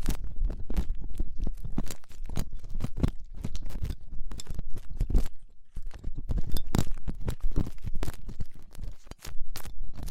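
Ear cleaning with latex gloves, a dental pick and cotton swabs: dense, irregular crackles, scratches and rubbing strokes fill the whole ten seconds. Sharp bright clicks and crunchy bursts come several times a second over a low rumbling undertone, with a brief lull near nine seconds.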